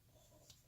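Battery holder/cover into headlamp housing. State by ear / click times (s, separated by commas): seated / 0.5 s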